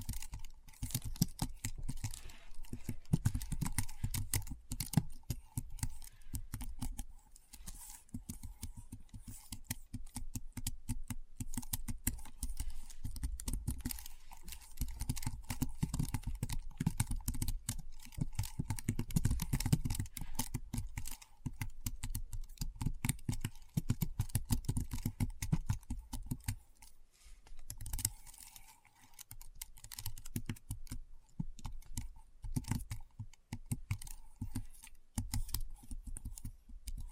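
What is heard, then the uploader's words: Keyboard typing runs through the whole clip, a dense, fast patter of sharp key clicks with a deeper thud under each stroke. The pace stays busy and fairly even, with brief lulls near 27 and 33 seconds before the tapping resumes. ASMR Keyboard Sounds (No Talking).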